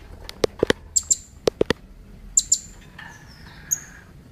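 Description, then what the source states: Blue-crowned hanging parrot: thin, high double squeaks between several dull tapping knocks, ending with a single piercing note. Female.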